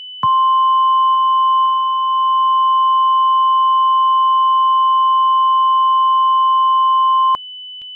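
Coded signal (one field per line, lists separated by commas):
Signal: Emergency Alert System (SAME) tones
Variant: 1050 Hz attention tone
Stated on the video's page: Fictional scenario about an Idaho supervolcano eruption, made with valid EAS tones.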